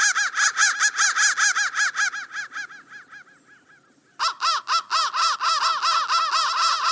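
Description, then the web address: Crow caws repeated quickly, tapering off into a brief silence before a renewed, loud and overlapping series of arched notes. "soundfactory crow 1"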